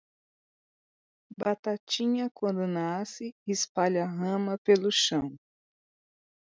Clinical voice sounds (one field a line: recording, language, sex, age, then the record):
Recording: short text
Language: Brazilian Portuguese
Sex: female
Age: 40 to 49 years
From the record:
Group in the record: control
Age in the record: 49 years